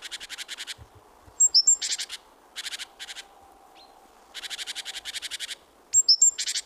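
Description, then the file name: Great tit churring: rapid trains of buzzy rattling pulses with a few high thin whistled notes before the louder bursts, calling almost without pause. "Parus major"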